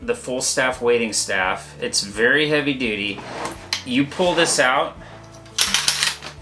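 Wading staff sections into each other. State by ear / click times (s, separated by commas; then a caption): seated / 5.6 s, 5.7 s, 5.9 s, 6.0 s. Someone talks, then pulls a folding 50-inch wading staff out of its holster. Its shock-corded sections snap together in a quick series of sharp clicks at 5.6, 5.7, 5.9 and 6.0 seconds. The sections lock into place.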